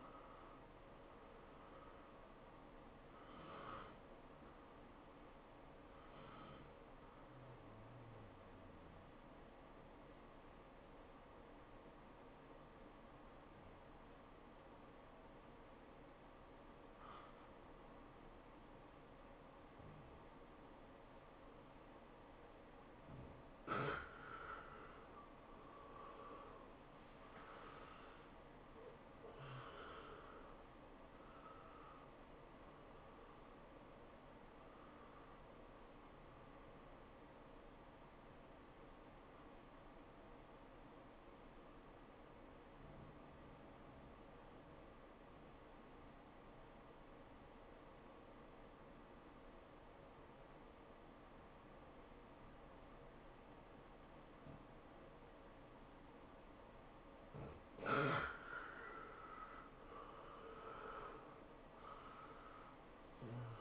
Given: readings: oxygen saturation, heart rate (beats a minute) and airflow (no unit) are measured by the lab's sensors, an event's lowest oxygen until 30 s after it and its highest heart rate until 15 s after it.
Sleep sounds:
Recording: breathing in sleep by a voice recorder at the bedside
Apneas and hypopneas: 2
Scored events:
14.00-23.80 s: obstructive apnea (N1, oxygen 96% highest, then 82% lowest, heart rate 100 at the start, 104 highest)
42.00-58.20 s: obstructive apnea (N1, oxygen 97% highest, then 78% lowest, heart rate 100 at the start, 104 highest)
From the record:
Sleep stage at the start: N1 (lightest sleep)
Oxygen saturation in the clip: 82 to 97%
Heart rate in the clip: 83 to 104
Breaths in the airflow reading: 10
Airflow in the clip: -11.9 to 11.3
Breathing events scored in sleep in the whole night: 403 in 5.5 hours asleep

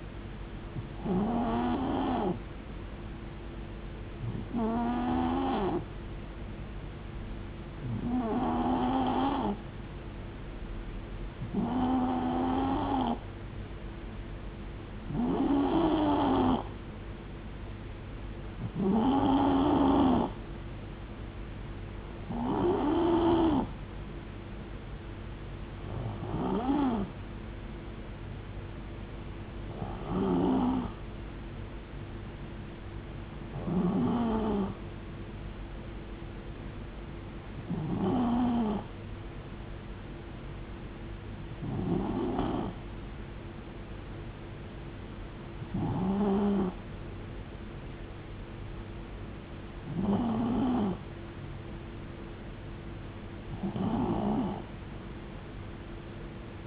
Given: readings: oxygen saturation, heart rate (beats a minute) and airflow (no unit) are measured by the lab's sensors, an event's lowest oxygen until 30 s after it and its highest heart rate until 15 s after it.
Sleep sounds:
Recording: breathing in sleep by a voice recorder at the bedside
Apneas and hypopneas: none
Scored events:
5.00-56.67 s: new sleep stage, N2 (light sleep)
From the record:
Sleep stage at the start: N3 (deep sleep)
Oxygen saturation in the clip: 91 to 92%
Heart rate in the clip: 68 to 75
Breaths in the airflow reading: 15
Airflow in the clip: -4.6 to 2.9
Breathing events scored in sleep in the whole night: 389 in 6.3 hours asleep

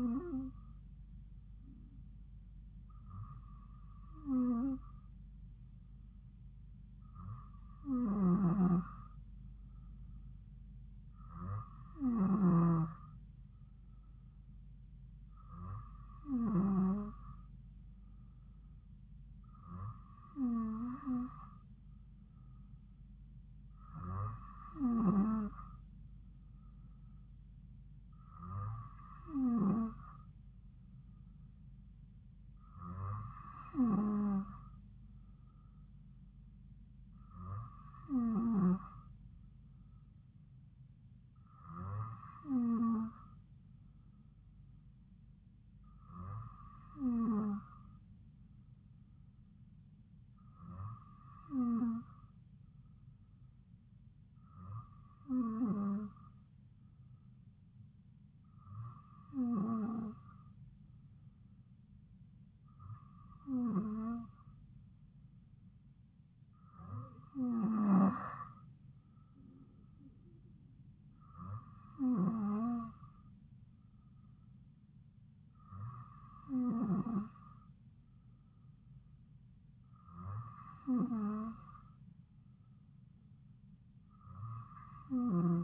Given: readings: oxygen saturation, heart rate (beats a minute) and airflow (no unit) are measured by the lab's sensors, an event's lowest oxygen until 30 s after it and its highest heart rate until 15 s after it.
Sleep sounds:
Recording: breathing in sleep by a smartphone at the bedside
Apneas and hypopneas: none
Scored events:
44.00-85.64 s: new sleep stage, N3 (deep sleep)
From the record:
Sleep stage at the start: N2 (light sleep)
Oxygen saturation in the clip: 94 to 95%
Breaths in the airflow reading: 20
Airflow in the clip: -2.7 to 2.8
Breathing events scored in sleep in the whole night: 270 in 6.1 hours asleep

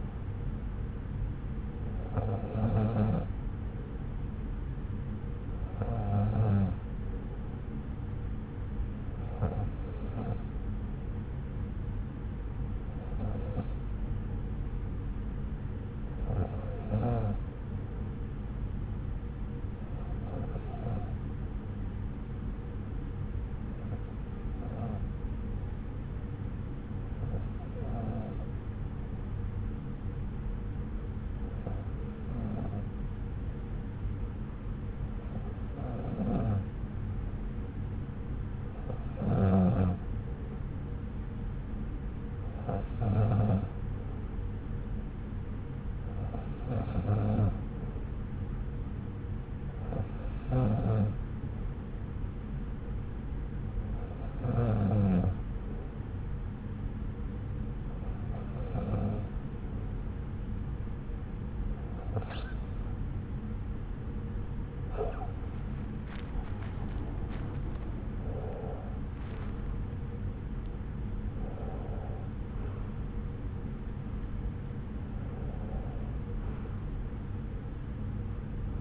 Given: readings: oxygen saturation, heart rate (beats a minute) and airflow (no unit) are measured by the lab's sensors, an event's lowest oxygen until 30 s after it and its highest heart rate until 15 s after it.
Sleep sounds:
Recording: breathing in sleep by a smartphone at the bedside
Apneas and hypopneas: 1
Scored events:
29.00-66.10 s: hypopnea (N2, oxygen 92% highest, then 91% lowest)
62.00-78.81 s: new sleep stage, N1 (lightest sleep)
From the record:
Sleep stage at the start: N2 (light sleep)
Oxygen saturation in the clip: 91 to 93%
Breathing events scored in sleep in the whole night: 303 in 8.1 hours asleep

